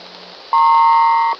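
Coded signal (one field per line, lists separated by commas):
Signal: radio time signal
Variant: WWV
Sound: one steady 1 kHz beep lasting about 0.8 seconds over background hiss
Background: radio static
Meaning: The long 1000 Hz tone marks the start of a new minute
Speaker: At the time, 12 hours, 48 minutes, coordinated universal time.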